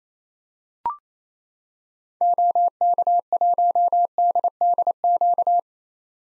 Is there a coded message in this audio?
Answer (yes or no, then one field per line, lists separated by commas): yes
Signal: Morse code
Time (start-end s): 2.2-5.6 s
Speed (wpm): 28 wpm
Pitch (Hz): 700 Hz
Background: none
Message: OK1DDQ